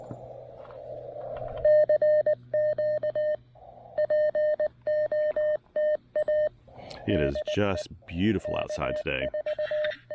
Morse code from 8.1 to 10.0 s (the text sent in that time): K4